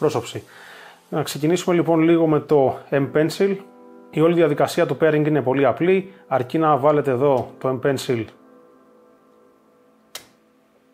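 A Huawei M-Pencil stylus is placed on the edge of a Huawei MatePad Pro tablet, where it snaps on magnetically to start pairing. Someone talks over background music, then one sharp snap is heard at 10.2 s as the stylus seats.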